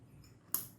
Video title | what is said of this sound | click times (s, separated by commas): RAKITAN MURAH PC 300 RIBUAN | Tekan saja, teman-teman, sampai kalian mendengar bunyi klik. | 0.5 s